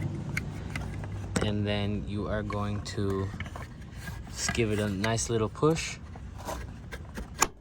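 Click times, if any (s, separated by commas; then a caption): 7.4 s. A plastic air ram duct for an Eventuri carbon cold air intake on a BMW 440i B58 is pushed onto the intake port behind the front grille while someone talks, with small handling knocks throughout. A sharp, loud click at 7.4 s marks the duct clipping in and seating on the port.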